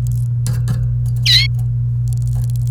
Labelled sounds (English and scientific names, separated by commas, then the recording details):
Domestic Canary (Serinus canaria) song
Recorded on 28 April 2018 at 11:17
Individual llb3